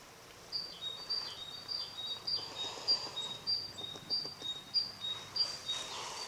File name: Parus major